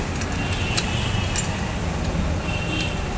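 On a 2002 Hero Passion Plus motorcycle, the assembled metal clutch pack is handled and pushed toward the clutch housing. A steady low rumble with faint brief metallic ticks is heard throughout the 3.2 seconds. Nothing has seated or clicked yet.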